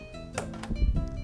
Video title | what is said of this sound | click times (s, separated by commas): PC Big Boy Show | there we go we heard that click and that was the plastic Notch going back into place because we installed our Ram cor | 0.4 s, 0.6 s